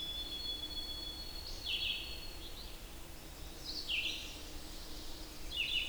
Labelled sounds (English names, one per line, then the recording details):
Red-eyed Vireo song
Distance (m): 35 m
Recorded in boreal forest in Alberta, Canada, on 8 June 2016 at 08:04
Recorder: SongMeter 3, array SBT-3-9
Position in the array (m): 9 m, 111 m